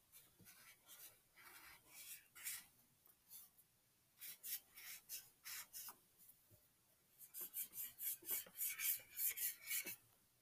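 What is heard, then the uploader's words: Bright scratchy marker strokes squeak and rasp across paper in quick bursts, pausing near six seconds, then returning faster and louder. Marker ASMR. Playing around with my markers.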